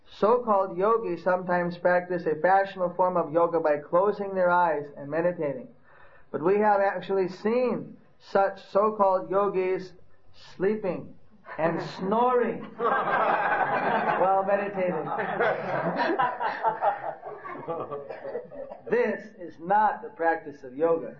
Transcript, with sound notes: So-called yogīs sometimes practice a fashionable form of yoga by closing their eyes and meditating, but we have actually seen such so-called yogīs sleeping and snoring while meditating. (laughter) This is not the practice of yoga.